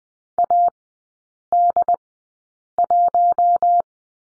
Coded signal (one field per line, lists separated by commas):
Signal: Morse code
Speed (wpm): 20 wpm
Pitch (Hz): 700 Hz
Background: none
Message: AD1